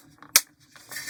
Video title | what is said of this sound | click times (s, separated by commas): Sprue Review Meng 1/48 F/A-18F Super Hornet 'Bounty Hunters' | click in place like you almost not see that panel line or that seem like | 0.4 s